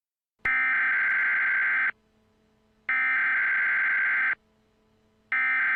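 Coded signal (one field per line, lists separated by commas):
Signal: Emergency Alert System (SAME) tones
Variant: header bursts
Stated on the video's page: Fictional EAS scenario, a first attempt at making one.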